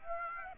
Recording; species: mosquito wingbeat signal from an infrared sensor; Aedes aegypti